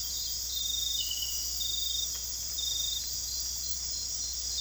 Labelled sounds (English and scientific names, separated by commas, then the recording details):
none
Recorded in dense forest near Puerto Asís, Putumayo, Colombia, on 21 December 2024 at 23:30
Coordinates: 0.486, -76.317
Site G003